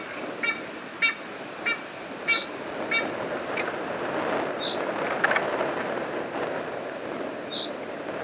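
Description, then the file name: Carrion Crow calls: a quick run of five short, harsh, harmonic caws about two-thirds of a second apart, while another bird's thin high chirp repeats over steady background rumble. "Corvus corone"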